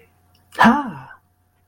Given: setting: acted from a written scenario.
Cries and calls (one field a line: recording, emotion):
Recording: vocal sound without words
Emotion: elation